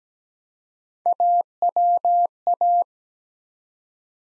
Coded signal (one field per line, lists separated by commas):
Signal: Morse code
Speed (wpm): 17 wpm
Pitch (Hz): 700 Hz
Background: none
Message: AWA